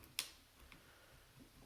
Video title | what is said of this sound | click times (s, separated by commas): [REQUESTED] CYMA CM.097B M4 PISTOL GRIP CHANGE | it nicely click | 0.2 s